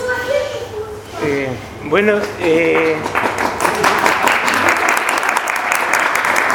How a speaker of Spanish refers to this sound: Bueno, el aplausómetro.